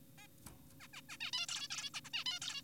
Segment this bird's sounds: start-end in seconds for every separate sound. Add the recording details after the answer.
0.18-0.27, 0.80-0.88, 0.94-1.01, 1.09-1.17, 1.21-1.31, 1.33-1.46, 1.48-1.68, 1.70-1.90, 1.94-2.01, 2.05-2.10, 2.14-2.24, 2.26-2.39, 2.42-2.62. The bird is an adult. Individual g4p5U